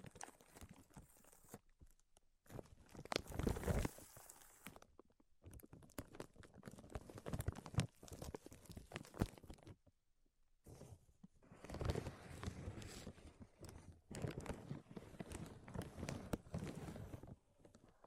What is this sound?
Tapping, Scratching, and Tracing Sounds